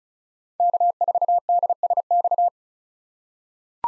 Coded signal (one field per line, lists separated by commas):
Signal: Morse code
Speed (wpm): 34 wpm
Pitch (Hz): 700 Hz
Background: none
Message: K4DSX